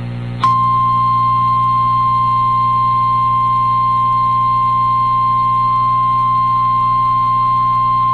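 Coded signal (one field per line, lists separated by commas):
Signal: Emergency Alert System (SAME) tones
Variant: 1050 Hz attention tone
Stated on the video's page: NOAA Weather Radio alerts during a December derecho in Sioux City, Iowa.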